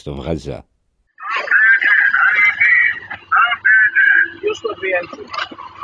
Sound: the sound of officers announcing they are coming on board